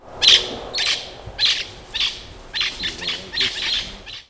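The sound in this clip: Bird giving several short, harsh, raspy notes, spaced irregularly over about four seconds.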